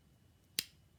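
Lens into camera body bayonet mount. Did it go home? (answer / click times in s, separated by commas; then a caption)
yes / 0.6 s. A VR camera lens is twisted onto the camera body's bayonet mount until the locking pin engages with one sharp click at 0.6 s, and the lens is confirmed attached. The click stands alone against a quiet background with no talk in the clip.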